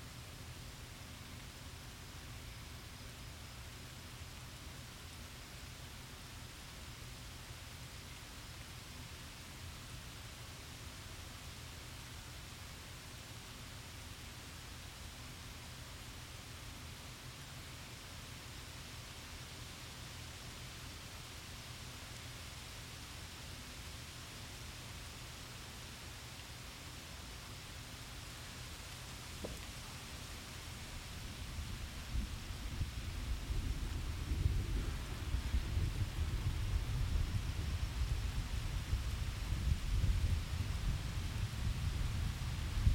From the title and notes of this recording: I recorded this storm passing through Indianapolis,. Mic: Shure SM7B.